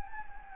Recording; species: mosquito wingbeat signal from an infrared sensor; Anopheles gambiae